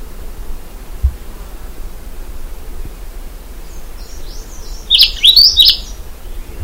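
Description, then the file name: Grey-crowned warbler calling: a brief cluster of thin, high twittering notes near the end, over a steady background hiss. Recorded at Hupingshan, Hunan, China, on 25 May 2010. "Grey Crowned Warbler. China Hunan Hu Ping Shan JM"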